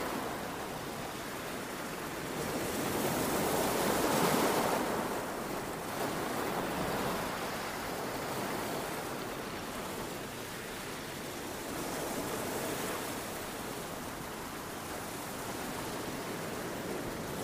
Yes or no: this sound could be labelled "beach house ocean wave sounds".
yes